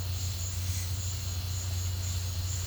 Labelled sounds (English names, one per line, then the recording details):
none
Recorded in pastures near Puerto Asís, Putumayo, Colombia, on 15 December 2024 at 12:30
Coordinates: 0.502, -76.324
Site G077